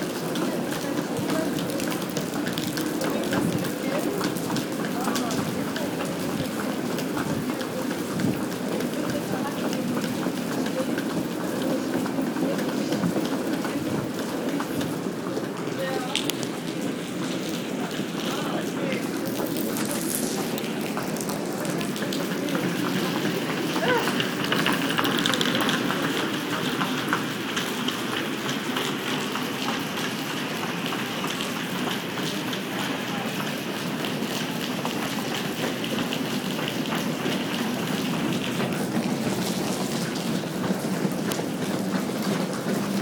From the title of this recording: Sounds at Schönefeld